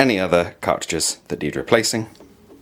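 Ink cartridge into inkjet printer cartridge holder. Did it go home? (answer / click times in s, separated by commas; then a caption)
no / none. A plastic ink cartridge is handled at the cartridge holder of an Epson WorkForce WF-2910 inkjet printer while someone talks. The clip ends in a quiet stretch with no sharp hit; the cartridge has not clicked into place yet.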